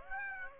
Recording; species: mosquito wingbeat signal from an infrared sensor; Aedes aegypti